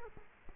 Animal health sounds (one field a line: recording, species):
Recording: mosquito wingbeat signal from an infrared sensor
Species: Culex quinquefasciatus